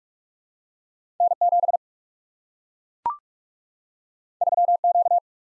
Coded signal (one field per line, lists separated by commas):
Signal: Morse code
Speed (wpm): 44 wpm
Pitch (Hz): 700 Hz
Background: none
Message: N7 3Q